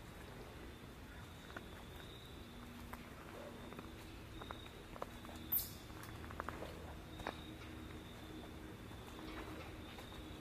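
An outdoor fall walk with a steady low rumble and faint hum throughout, plus scattered light ticks and rustles like footsteps. A brief bright hiss or chirp stands out around five and a half seconds, with a few soft clicks after.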